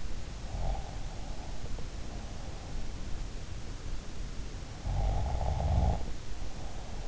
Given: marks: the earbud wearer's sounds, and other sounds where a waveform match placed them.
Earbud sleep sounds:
sounds in sleep by an in-ear microphone; breath, snoring breath
0.41-2.75 s: breath
4.75-7.08 s: snoring breath

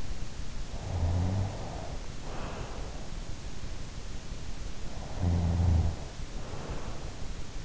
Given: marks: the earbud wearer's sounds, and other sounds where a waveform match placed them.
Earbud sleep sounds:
sounds in sleep by an in-ear microphone; snoring breath
0.62-2.90 s: snoring breath
4.83-7.34 s: snoring breath

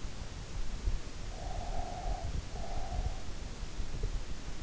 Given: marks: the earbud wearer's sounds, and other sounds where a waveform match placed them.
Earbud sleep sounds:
sounds in sleep by an in-ear microphone; breath
0.86-3.32 s: breath

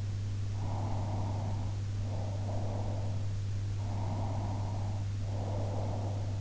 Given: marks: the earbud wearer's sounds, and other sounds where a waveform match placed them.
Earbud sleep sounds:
sounds in sleep by an in-ear microphone; breath
0.44-3.07 s: breath
4.04-6.33 s: breath

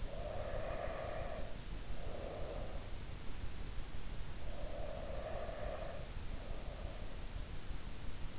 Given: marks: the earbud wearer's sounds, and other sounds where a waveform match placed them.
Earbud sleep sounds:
sounds in sleep by an in-ear microphone; breath
0.00-2.91 s: breath
4.46-7.31 s: breath

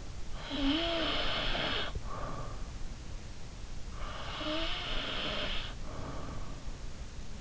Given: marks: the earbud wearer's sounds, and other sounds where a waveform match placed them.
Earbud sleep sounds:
sounds in sleep by an in-ear microphone; snoring breath
0.35-2.72 s: snoring breath
3.98-6.65 s: snoring breath

